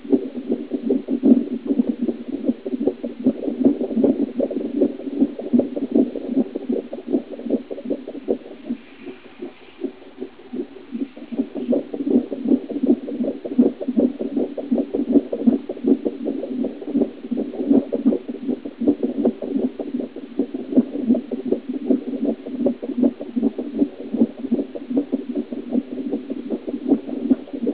Heartbeat.